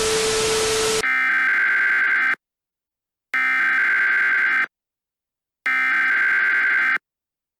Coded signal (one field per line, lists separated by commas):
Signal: Emergency Alert System (SAME) tones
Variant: header bursts